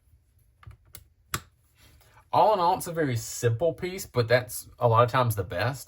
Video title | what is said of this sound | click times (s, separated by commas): LIGHTEST Backpacking Saw: 2.65oz UL Folding Saw for Backpacking, Hunting, and Bushcraft. | when it snap it's not going to come open on you it's very very tight but not too tight | 1.3 s